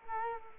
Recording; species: mosquito wingbeat signal from an infrared sensor; Culex quinquefasciatus